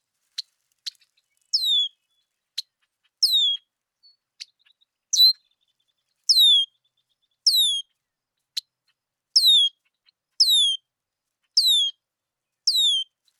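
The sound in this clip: Red-winged blackbird mixes quick sharp clicks with longer high whistles that slide downward, the whistles coming about once a second in the second half.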